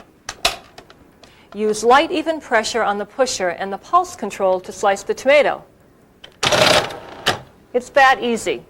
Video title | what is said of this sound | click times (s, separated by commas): Cuisinart How To Use Your Food Processor Part 1 | Place it over the large feed tube, press down on the sleeve, and you'll hear it click. | 0.3 s